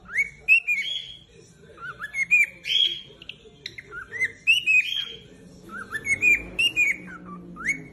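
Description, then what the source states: Cockatiel song: warbling, upward-sweeping whistles repeated in uneven phrases over a soft background murmur. Several cockatiels singing, whistling song.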